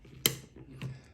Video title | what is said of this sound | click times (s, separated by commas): How to Assemble Swamp on Inokraft Hand Held Pool Vacuum | So this little bump right here keeps it on. You'll hear a snap. | 0.3 s